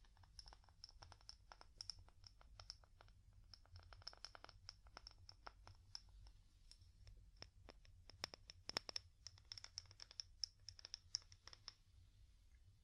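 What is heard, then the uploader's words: Wood tapping in quick, irregular clusters of light clicks and scratches, with a steady high ringing tone and a low rumble underneath throughout. ASMR Calming Wood Tapping (No Talking).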